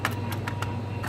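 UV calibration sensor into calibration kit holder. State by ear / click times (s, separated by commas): seated / 0.1 s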